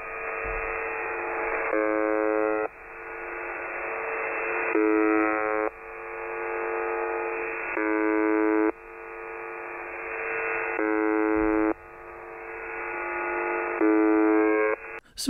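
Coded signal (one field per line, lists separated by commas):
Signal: channel marker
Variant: UVB-76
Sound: harsh low buzz lasting about a second, repeating five times amid radio hiss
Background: radio static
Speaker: The buzzer, the doomsday buzzer from Russia. The buzzer is located at 4625 kHz. And before we talk about it, let's listen to it first.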